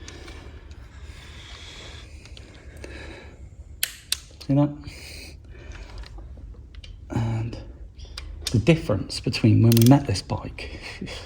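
A torque wrench tightens a cam belt tensioner bolt on a Ducati Monster S2R 1000, with a faint ratcheting sound in the background. The wrench clicks loudly twice, at 3.8 s and 4.1 s, as the bolt reaches its torque setting. Afterward someone talks.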